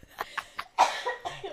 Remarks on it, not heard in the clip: I have to cough really bad. I have a head cold. Don't worry, I got tested for COVID and for strep. It's not that. I just have a cold. The allergies are getting to me.